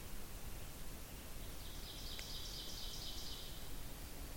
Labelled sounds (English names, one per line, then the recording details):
Ovenbird song
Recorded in boreal forest in Alberta, Canada, on 2 June 2016 at 06:30
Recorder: SongMeter 3, array SBT-3-7
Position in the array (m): 51 m, 148 m
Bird 4